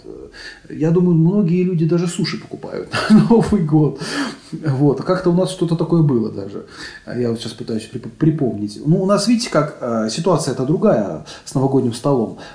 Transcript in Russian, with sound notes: Я думаю, многие люди даже суши покупают на Новый год. (Смеется.) Вот. Как-то у нас что-то такое было даже. А я вот сейчас пытаюсь припомнить.
Ну, у нас видите как? Ситуация-то другая с новогодним столом.